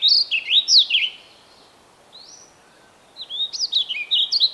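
Bird song: fast sequence of warbled, down-slurred whistles, a pause with one faint note, then another quick phrase of varied whistles.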